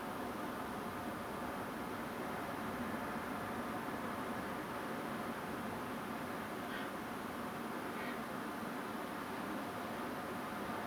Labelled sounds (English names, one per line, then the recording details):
Grey Heron
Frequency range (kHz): Grey Heron 1.4-5.0 kHz
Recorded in France